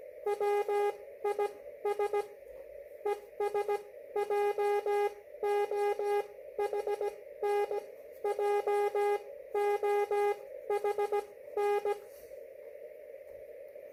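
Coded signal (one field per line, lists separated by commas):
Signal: Morse code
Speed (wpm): 16 wpm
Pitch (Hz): 410 Hz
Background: none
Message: WIS ES JOHN JOHN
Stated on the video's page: Slow-speed CW contact, QRP.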